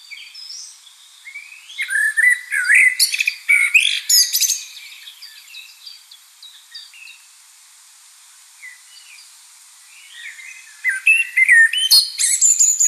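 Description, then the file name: Common blackbird song in two bouts: fluty, rising whistles mixed with scratchy high twitters, with a quieter stretch between them. "Turdus merula"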